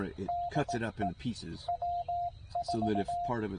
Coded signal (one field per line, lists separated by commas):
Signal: Morse code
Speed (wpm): 18 wpm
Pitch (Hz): 700 Hz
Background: speech, radio noise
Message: DE W4